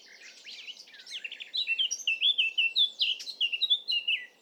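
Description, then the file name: Eurasian blackcap song: quiet twittering that swells into a run of loud, clear fluting whistles delivered in a quick, even series. "Sylvia atricapilla"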